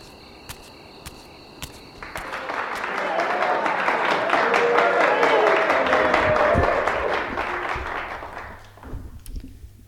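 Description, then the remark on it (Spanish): A crowd cheers and applauds, dense clapping swelling up after a couple of seconds, holding loud and steady, then fading out toward the end with scattered claps and voices. “Y estamos de vuelta, después de los vitoreos de nuestros radioyentes.”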